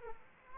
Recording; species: mosquito wingbeat signal from an infrared sensor; Aedes aegypti